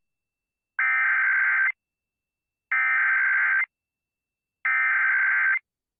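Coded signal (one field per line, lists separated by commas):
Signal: Emergency Alert System (SAME) tones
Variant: header bursts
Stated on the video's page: Child abduction alert SAME tones aired on a TV station during a program break.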